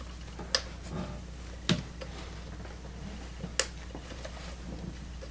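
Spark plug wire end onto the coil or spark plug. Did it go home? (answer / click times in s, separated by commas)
yes / 3.6 s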